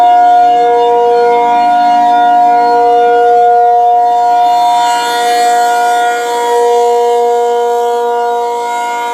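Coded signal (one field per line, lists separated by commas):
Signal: siren signal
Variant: ACA P-50 siren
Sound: loud steady outdoor siren chord with rich harmonics, level dipping slightly midway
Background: outdoors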